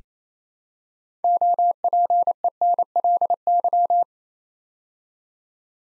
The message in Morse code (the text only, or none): OPENLY